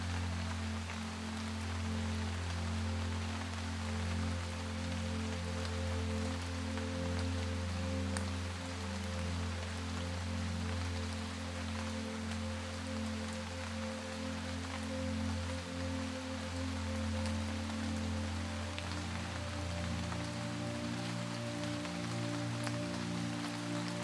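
Rain falls steadily throughout, a dense, even hiss with faint drop ticks scattered across the top. Beneath it, a soft, low melody holds long sustained tones that shift slowly, with a change in the lower notes near the twentieth second.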